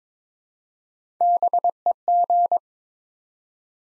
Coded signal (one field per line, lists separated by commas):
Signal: Morse code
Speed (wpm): 22 wpm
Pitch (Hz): 700 Hz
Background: none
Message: BEG